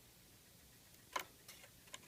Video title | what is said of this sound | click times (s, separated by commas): Grooving Asiatic Composite Horn Bow - Part 2 | You can hear it snap into place | 1.2 s